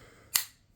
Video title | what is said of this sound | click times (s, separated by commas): Colt 1911 vs. Wilson Combat 1911 Field Strip | and it snaps into place. | 0.4 s